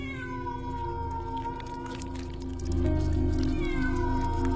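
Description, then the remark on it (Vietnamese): A cat yowls in a long, drawn-out, mournful wail, its pitch wavering and rising slightly as it grows louder toward the end, with no one speaking. “Âm thanh của con mèo vang lên thê thiết, cùng với đó là tiếng bật bật nhớp nháp, là tiếng chỉ khâu cắt qua da thịt lại vang lên.”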